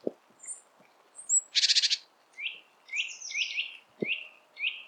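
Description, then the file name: Great tit calls: short downslurred high chirps and a harsh buzzy churring burst of rapid pulses, with a few low thumps. "Parus major"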